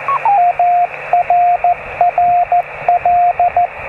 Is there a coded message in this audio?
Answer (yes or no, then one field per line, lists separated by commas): yes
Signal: Morse code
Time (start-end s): 0.4-3.7 s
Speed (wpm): 14 wpm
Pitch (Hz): 710 Hz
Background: radio noise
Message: ARRL